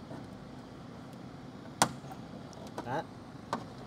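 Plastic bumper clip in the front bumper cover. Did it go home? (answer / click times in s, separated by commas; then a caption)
released / 1.8 s. A flathead screwdriver is wedged under a plastic clip in the front bumper cover of a 2020–2022 Toyota Corolla and twisted until the clip pops free at 1.8 s. A softer tick follows at 3.5 s, and someone talks during the clip.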